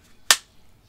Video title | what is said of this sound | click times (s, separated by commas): Coffee problems solved with 3D Printing | not breaking the thread it's just not just off clicking out of the thread | 0.3 s